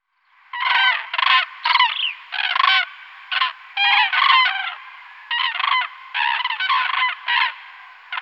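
Crane calls, loud rattling trumpet notes in quick bursts, a brief lull, then more rolling bursts.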